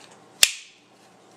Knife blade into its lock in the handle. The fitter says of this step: and you hear that snap in place this thing is really quick